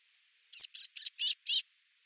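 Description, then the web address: Eurasian blue tit calls: five short, high, scratchy notes in quick succession, evenly spaced, with nothing else audible. "Deverinetal 2025 File origin Bird Only Cy Ca"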